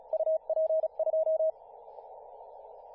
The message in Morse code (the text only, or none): UP2